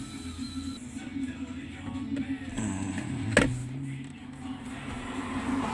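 A plastic shifter surround trim panel is pressed back into the center console of a 2010+ Mazdaspeed 3 by its four corner clips, during a solid shift anchor install. A softer tap comes at about 3.0 s, then one sharp snap at 3.4 s as a corner pops into place, over a steady low hum. The trim corner seats.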